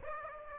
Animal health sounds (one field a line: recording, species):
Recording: mosquito wingbeat signal from an infrared sensor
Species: Aedes aegypti